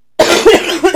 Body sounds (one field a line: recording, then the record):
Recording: coughing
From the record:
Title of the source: 61 morning phlegmy cough...again